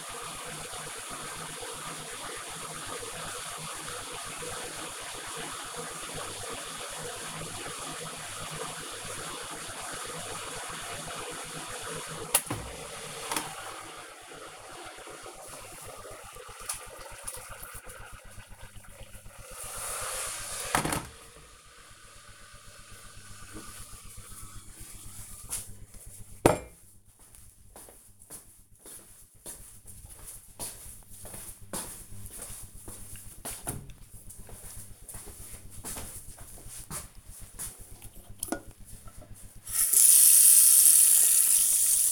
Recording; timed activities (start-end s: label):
household activities, microphone on the right wrist
0.00-21.64 s: making tea
36.75-42.12 s: washing hands